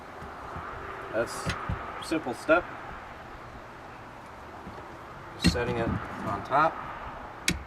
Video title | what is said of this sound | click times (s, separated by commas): How to Install a Smooth Moves Ultra Seat Base | clicks in place when you hear the click you know that it's locked in | 7.5 s